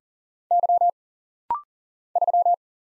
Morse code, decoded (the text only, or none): Y 3